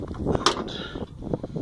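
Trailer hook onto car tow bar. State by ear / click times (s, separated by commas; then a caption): not seated / none. A loaded bin trailer is tipped forward and its metal hook is put onto a car's tow bar. Scrapes and knocks are heard, with a sharp metallic clunk around 0.5 seconds and lighter knocks near 1.3 seconds. The hook is only being handled, and nothing has seated or locked in place yet.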